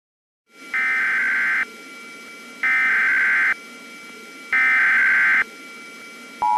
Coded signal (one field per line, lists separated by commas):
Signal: Emergency Alert System (SAME) tones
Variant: header bursts